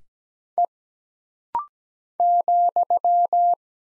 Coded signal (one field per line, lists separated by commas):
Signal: Morse code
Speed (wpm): 17 wpm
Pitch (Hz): 700 Hz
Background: none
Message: E ,